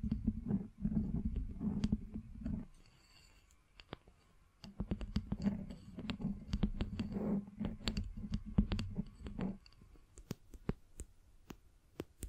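Scratching and tapping on a surface, with rapid sharp ticks over a low rumbling scrape that pauses briefly around four seconds, then resumes.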